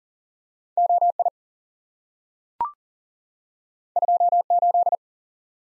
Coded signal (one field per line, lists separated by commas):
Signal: Morse code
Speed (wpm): 40 wpm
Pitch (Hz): 700 Hz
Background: none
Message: OI 28